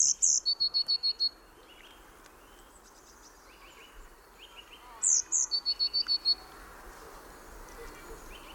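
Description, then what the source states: Eurasian blue tit song: two high thin introductory notes followed by a quick even trill of about six notes, repeated twice, with softer chirps between. The blue tit's characteristic call; the species is reported to be growing paler.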